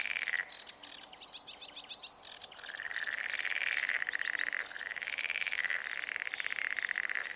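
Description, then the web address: Marsh frog calls: loud rapid pulsed rattling croaks, repeated in quick surges that merge into a continuous chattering chorus. Turku, Finland, 31 May 2009, at 23:11 at night. "hlehto aania sammakko molysammakko turku B 23 h 11 m 45 s 31 may 2009"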